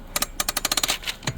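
A foot-operated parking brake pedal in the footwell of a 2009–2017 Chevrolet Traverse SUV is pushed down to engage it, and its ratchet clicks rapidly at about 0.2, 0.4, 0.7, 0.7, 0.8 and 0.8 seconds. The pedal ratchets and locks on in the applied position.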